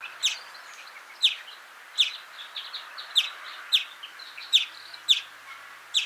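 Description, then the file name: European greenfinch calls, brisk chipping notes repeated at short, irregular intervals, with softer twittering between them. "Chloris chloris"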